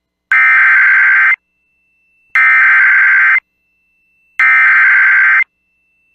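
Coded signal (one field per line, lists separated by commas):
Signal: Emergency Alert System (SAME) tones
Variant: header bursts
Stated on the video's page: SAME tones from NOAA Weather Radio during a severe weather outbreak across Montana, North Dakota and South Dakota.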